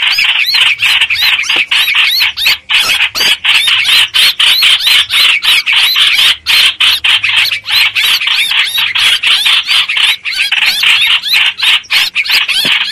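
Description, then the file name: Streak-eared bulbul distress calls: harsh, scratchy squawks repeated rapidly, about three or four a second, in a nearly unbroken agitated series. Distress call given to summon the flock. "Tieng chim trao trao keu cuu goi bay"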